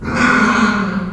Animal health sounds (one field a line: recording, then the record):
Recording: squeal of a Yucatan mini pig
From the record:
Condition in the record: after surgery on the right vocal fold (resection and tissue-engineered implant)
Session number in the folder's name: 15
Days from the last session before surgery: 175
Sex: female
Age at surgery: 19 weeks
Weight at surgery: 25 kg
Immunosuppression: prednisolone